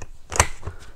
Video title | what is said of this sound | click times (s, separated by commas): COSCO Simple Fold High Chair: assembling, folding, and adjustments | so you heard the clicking sound from the chairs frame | 0.4 s